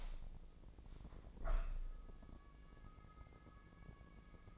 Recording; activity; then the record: daily activity, microphone in the room; open window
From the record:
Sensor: 5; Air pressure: 1012.4 hPa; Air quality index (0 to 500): 158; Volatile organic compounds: 2 ppm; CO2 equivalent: 1075 ppm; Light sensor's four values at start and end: 101/243/102/113 and 100/241/102/112